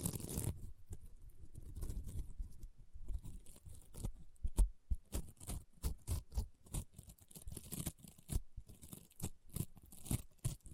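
Rainbow honeycomb slime being squeezed and pressed, giving off crunchy, popping crackles. The first few seconds hold a low, dense rumble of squishing; after about four seconds come rapid, irregular sharp pops and crunches, several per second, with brief quiet gaps between bursts.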